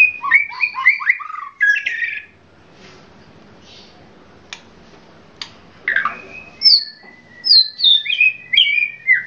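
Oriental magpie-robin song: quick descending whistled notes, a pause with faint clicks, then loud clear downslurred whistles repeated in a lively sequence.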